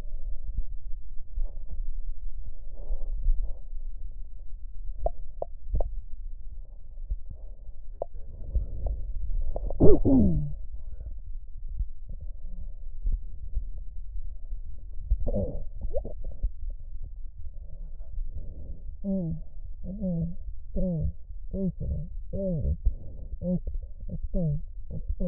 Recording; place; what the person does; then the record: lung sounds by stethoscope; left posterior apical chest; quiet breathing, then cough and speech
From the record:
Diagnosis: interstitial lung disease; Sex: female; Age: 72 years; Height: 153 cm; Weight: 71 kg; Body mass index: 30.3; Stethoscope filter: extended mode